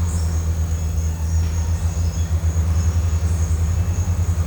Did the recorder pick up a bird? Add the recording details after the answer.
no. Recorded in pastures near Puerto Asís, Putumayo, Colombia, on 21 December 2024 at 12:00. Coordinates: 0.466, -76.322. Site G040